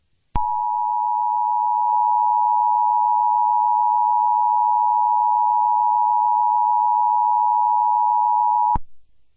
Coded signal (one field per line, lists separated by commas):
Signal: Emergency Alert System (SAME) tones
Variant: 853 and 960 Hz attention tone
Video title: EAS Reenactment Mock: Tornado Warning Minnesota 3/10/21